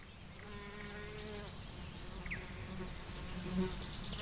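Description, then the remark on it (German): Insects buzz steadily in a sunny spring garden, a layered droning hum with a few rising and falling tones as individual bees or flies pass by, alongside a faint chirp. “Um mich herum im Garten krabbelt und flattert, zwitschert und summt der Frühling.”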